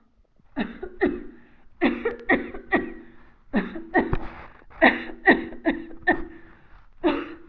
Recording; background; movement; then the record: voluntary coughing; quiet; sitting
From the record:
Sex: female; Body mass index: 21.8 kg/m2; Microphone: on the chest, facing the body